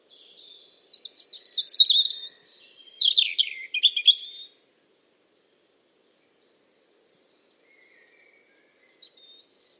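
Bird warbling a busy phrase of high chirps and downslurred notes for about three seconds, then mostly silence, with a fresh phrase starting at the end.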